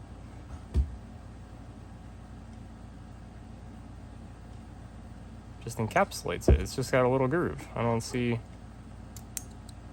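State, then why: Seated. While reassembling an Ant Designs S-Nano V2, a small cover piece of the housing is pressed into a very thin retaining groove in the body, with someone talking over the handling noise. It snaps into place with a sharp click at 9.4 s and is captured, seated in the groove.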